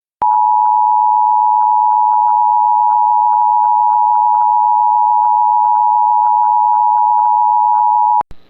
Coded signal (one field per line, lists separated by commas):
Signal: Emergency Alert System (SAME) tones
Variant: 853 and 960 Hz attention tone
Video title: 7/27 - EAS Severe Thunderstorm Warning for Moore County, NC (Spectrum TV)